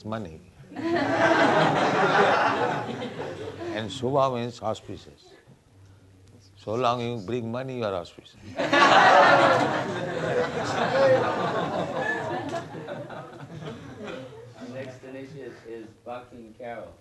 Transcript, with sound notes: and śubha means auspicious. So long you bring money, you are auspicious. [laughter]
The next initiate is Bhaktin Carol.